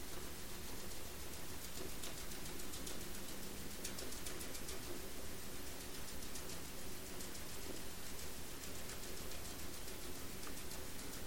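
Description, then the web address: Sperm whale clicks, fast irregular ticking in long trains across the whole stretch, over a low steady hum and noisy water background. Sperm whale clicks recorded by an Ocean Networks Canada hydrophone in the Strait of Georgia on 27 March 2018, around 19:22 UTC. "sperm Whale Clicks sog-onc 20180327-ONC-LTSA-hits NAXYS HYD 052 20180327 T 192201 497 Z"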